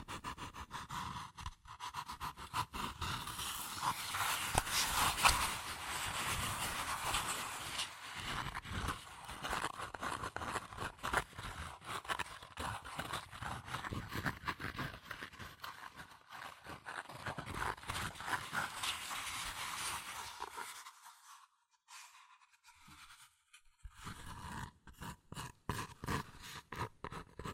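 Fast tapping, scratching and tracing on cardboard and paper, a dense crackly flurry that thins to sparser taps and brief pauses near twenty seconds.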